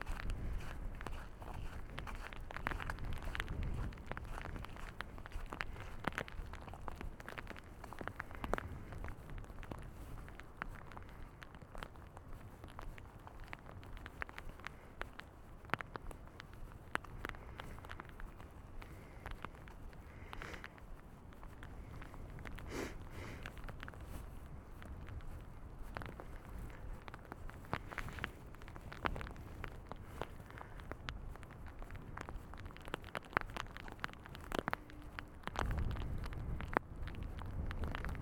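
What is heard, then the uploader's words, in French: A walk in the rain along the North Sea shore. Footsteps crunch steadily throughout, over a low, dense rumble of wind and surf, with scattered sharp ticks and patters. The low roar swells noticeably near the end. Une balade sous la pluie, sur les bords de la mer du nord, en binaural sous ma capuche. Enregistré avec un Zoom H1n et des micros Rolands CS10-EM.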